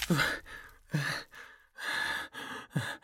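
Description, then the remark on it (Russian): Ragged, heavy breathing in uneven gasps, four or five harsh breathy bursts with short gaps between them, each rough and loud with voiced edges, no speech. “Мое дыхание рваное и тяжелое.”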